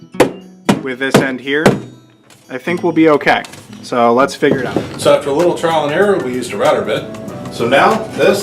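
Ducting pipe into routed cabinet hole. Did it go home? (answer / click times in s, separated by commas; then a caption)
no / none. A section of polisher ducting pipe is handled at a cabinet hole that was widened with a router bit. Someone talks over music, with sharp thunks near 0.2 s and 0.7 s. The clip ends before the pipe goes in, so nothing has seated yet.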